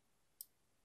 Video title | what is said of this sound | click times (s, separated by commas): Apple Watch Ultra: Unboxing and Attaching Midnight Ocean Band | then use a little bit of force just slide it in until you hear it click in place there | 0.4 s